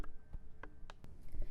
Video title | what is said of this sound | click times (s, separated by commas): DSLR Camera Lenses | Then, rotate the lens clockwise until you hear a clicking sound. | 0.6 s, 0.9 s